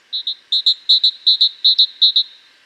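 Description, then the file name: Great tit song, clear high two-note phrases repeated six times in a quick, even rhythm, with no other sounds. "Parus major"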